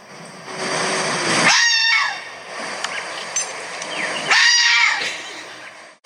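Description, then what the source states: Red fox giving harsh, hoarse screaming calls: two rasping bursts about three seconds apart, over a steady hiss of background noise. Played as a recording.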